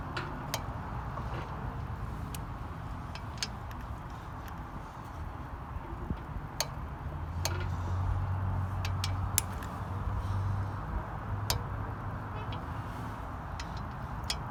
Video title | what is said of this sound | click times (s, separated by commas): Attaching the flywheel and transmission | 40, and we're going to do this in a cross pattern. And just listen for the click on the torque wrench. | 0.5 s, 3.4 s, 6.6 s, 7.5 s, 9.4 s, 11.5 s